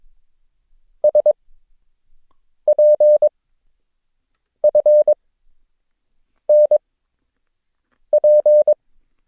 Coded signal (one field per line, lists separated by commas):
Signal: Morse code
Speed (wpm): 22 wpm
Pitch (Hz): 600 Hz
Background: none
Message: SPFNP